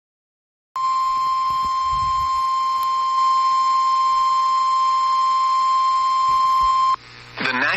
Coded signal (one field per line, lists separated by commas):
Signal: Emergency Alert System (SAME) tones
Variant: 1050 Hz attention tone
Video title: Eas Fwd svr on KEC56 Eas#1795